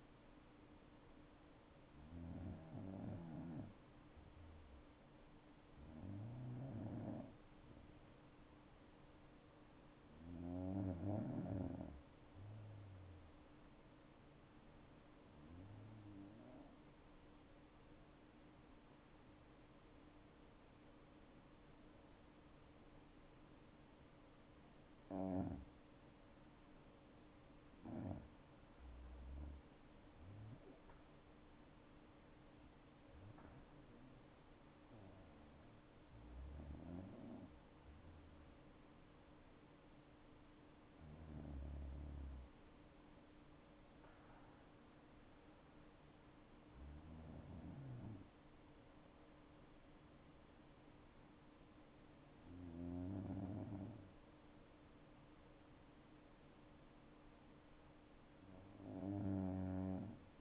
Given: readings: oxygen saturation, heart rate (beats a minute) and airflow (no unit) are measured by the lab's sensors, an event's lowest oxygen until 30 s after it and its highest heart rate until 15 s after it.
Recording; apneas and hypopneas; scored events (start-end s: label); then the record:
breathing in sleep by a voice recorder at the bedside; 1
16.00-29.60 s: hypopnea (N2, oxygen 95% highest, then 92% lowest, heart rate 63 at the start, 70 highest)
From the record:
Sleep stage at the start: N2 (light sleep); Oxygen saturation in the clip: 92 to 97%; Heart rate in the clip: 59 to 71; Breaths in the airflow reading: 11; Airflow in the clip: -8.0 to 10.3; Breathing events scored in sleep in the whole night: 228 in 5.4 hours asleep